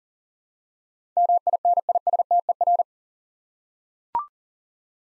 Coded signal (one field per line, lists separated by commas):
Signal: Morse code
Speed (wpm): 40 wpm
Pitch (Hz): 700 Hz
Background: none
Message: MINISTER